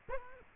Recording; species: mosquito wingbeat signal from an infrared sensor; Culex quinquefasciatus